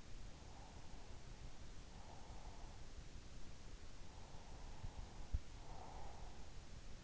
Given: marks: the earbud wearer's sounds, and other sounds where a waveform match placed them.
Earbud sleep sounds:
sounds in sleep by an in-ear microphone; breath
0.24-3.01 s: breath
5.18-6.76 s: breath

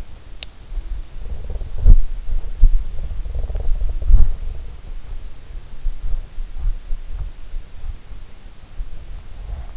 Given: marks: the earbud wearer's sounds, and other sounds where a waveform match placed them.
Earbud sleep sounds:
sounds in sleep by an in-ear microphone; teeth grinding, snoring breath
0.37-0.50 s: teeth grinding
0.73-1.93 s: snoring breath
2.93-4.28 s: snoring breath

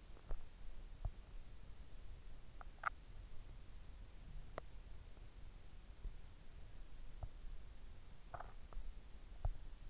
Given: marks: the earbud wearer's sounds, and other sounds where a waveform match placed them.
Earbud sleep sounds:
sounds in sleep by an in-ear microphone; teeth grinding
0.00-1.36 s: teeth grinding
2.40-3.14 s: teeth grinding
4.29-4.96 s: teeth grinding
7.03-7.48 s: teeth grinding
8.07-9.74 s: teeth grinding

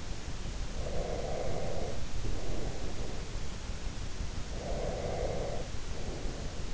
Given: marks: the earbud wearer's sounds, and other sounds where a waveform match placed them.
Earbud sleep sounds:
sounds in sleep by an in-ear microphone; breath
0.78-2.81 s: breath
4.58-6.69 s: breath

